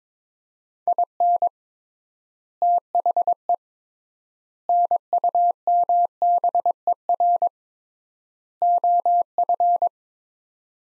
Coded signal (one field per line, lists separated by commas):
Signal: Morse code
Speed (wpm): 21 wpm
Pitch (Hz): 700 Hz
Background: none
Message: IN THE NUMBER OF